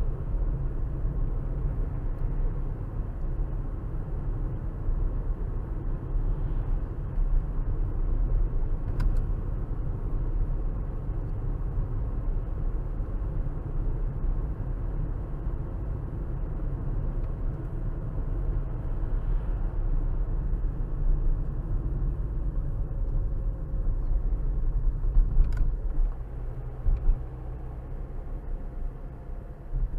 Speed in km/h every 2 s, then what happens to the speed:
58, 60, 60, 60, 60, 60, 58, 58, 58, 56, 56, 47, 44, 45, 45.
0-16 steady at about 60. 16-24 slows to 44. 24-30 steady at about 45.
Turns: none.